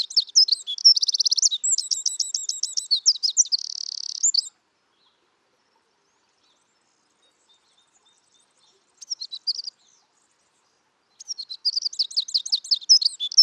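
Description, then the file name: Eurasian wren song: a long, explosive run of high trills and rattles, a brief phrase after a pause, then another vigorous song starting. "Troglodytes troglodytes"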